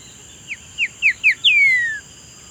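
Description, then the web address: Bird whistling four quick, separate slurred notes, then one drawn-out note that glides steadily downward; a thin constant tone hums in the background. "BIRD 2015 SABIOD"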